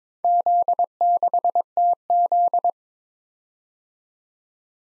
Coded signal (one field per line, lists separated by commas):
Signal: Morse code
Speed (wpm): 26 wpm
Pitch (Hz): 700 Hz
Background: none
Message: Z6TZ